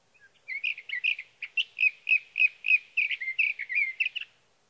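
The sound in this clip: Sage thrasher song of many short, varied warbled notes in a rapid run.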